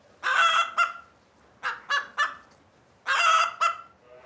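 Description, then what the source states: Chicken calls: short harsh squawks: a pair, three quicker ones near the middle, then another pair, with quiet gaps between. Farm ambience.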